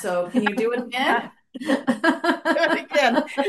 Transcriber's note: laughs